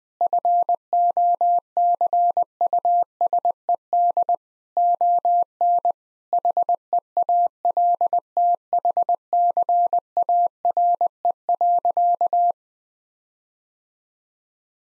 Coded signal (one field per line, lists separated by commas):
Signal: Morse code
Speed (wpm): 21 wpm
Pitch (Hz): 700 Hz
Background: none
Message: FOCUSED ON HEALTHCARE.